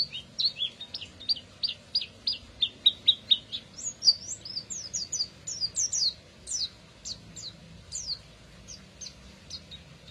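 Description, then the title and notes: Canary song: a run of crisp, evenly spaced high chirps, then a twittering burst and a slower series of sharp notes. Therapy recording meant to prompt a canary that has stopped singing to sing again; the bird is an F1 canary. "#18. TERAPI KENARI MACET. Kenari F1"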